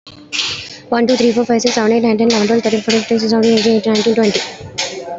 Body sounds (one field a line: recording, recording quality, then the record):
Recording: counting at a fast pace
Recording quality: excellent, no background noise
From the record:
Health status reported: healthy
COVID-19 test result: negative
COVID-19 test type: RT-PCR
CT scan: not taken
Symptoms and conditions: none ticked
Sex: female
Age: 19 years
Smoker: no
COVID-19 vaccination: both doses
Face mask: worn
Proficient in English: yes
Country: India